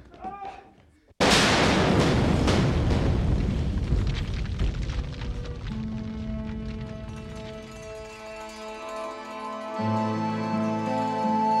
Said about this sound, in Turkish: Patlamayı duydum. Korkunç bir ses de değil mi Hami? Grizu patladı oğlum.